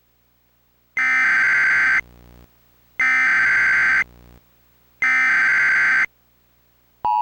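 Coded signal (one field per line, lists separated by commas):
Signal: Emergency Alert System (SAME) tones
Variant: header bursts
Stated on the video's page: Fictional mock alert.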